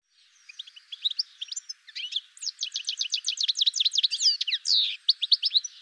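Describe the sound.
Bird song starting softly, then building into a rapid series of sharp chirps and trills, with a louder slurred note near the end.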